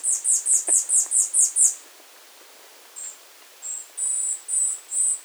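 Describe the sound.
Tanager finch: a quick series of very high, clipped notes, then a short pause and several thinner, flatter high notes.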